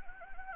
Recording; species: mosquito wingbeat signal from an infrared sensor; Anopheles gambiae